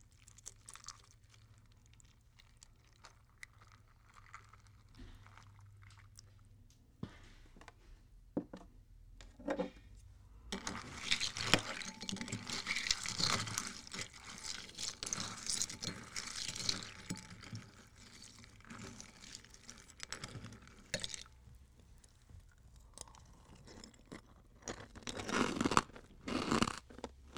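Someone is eating cereal, with crisp crunching and chewing that comes in bursts. The first ten seconds are quiet apart from a low hum and a few scattered bites. From about 11 to 21 seconds the chewing is dense and steady, and a loud crunching burst follows near 25 seconds.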